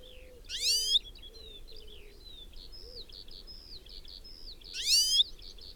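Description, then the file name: European goldfinch calls: a loud harsh rising call at the start and another near the end, with continuous light twittering and a few soft low whistles between. "Carduelis carduelis"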